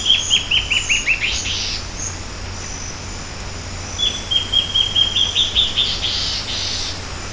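Bird calls: two separate runs of rapid, falling chirps, the second starting on a level whistle and breaking into quick notes, with a constant high insect drone.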